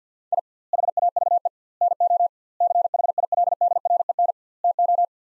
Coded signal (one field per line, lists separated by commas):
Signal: Morse code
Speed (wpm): 48 wpm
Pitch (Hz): 700 Hz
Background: none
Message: I HAVE NO CHILDREN TO